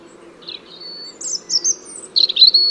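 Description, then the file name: European robin giving thin, high-pitched notes, short slurred tones and brief warbled phrases that grow louder toward the end, over a low steady background hum. "Erithacus rubecula"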